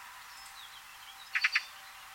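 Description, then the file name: Eurasian magpie uttering three rapid grating notes in a brief chatter, over soft hiss. "Pica pica"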